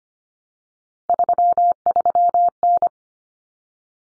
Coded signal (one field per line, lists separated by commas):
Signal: Morse code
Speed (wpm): 25 wpm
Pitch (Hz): 700 Hz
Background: none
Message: 33N